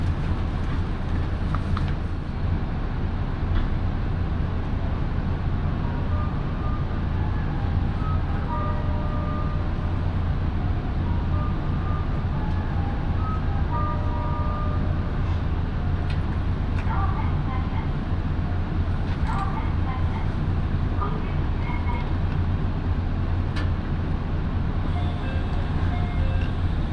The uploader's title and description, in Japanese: 身延線 富士→芝川。身延線を各駅停車で乗り通します。